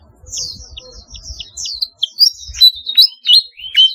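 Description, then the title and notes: Flycatcher song of high, sharp chirps and short whistled slurs, sparse at first then growing louder and denser, with faint low thumps early on. "Kicau Burung Sikatan"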